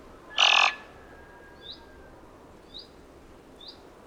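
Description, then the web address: Thick-billed raven letting out one coarse, rasping caw, then soft high upslurred chirps from another bird before a second caw begins. "Thick billed raven. غراب-نوک-کلفت"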